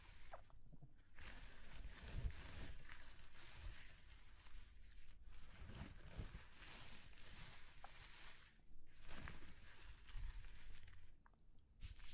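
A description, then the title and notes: Textured ASMR crunching and rustling, dense and bright, in bursts with brief quiet gaps near one, five, nine and eleven seconds. ASMR Exploring Textures (No Talking).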